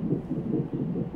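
Rhythmic whooshing pulses of a fetal heartbeat from a fetal heart monitor, heard in the background during labor at the hospital.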